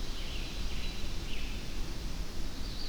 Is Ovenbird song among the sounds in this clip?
no